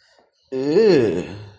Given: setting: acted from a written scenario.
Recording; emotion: vocal sound without words; disgust